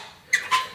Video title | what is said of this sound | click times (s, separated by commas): The Clikstand - Is the Search For the PERFECT Trangia Pot Stand OVER? | and click there. And there is your stand. | 0.3 s